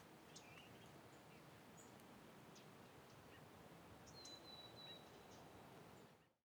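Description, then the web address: Birds: scattered short chips and a thin drawn-out high whistle, over steady wind noise that fades out at the end. Spring field ambience in the Pacific Northwest, with wind, recorded in mid-side stereo. "Raconteur Sound - Spring in the Pacific Northwest- Ambiences Amb, Field, Birds, Wind, MS"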